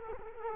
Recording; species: mosquito wingbeat signal from an infrared sensor; Culex quinquefasciatus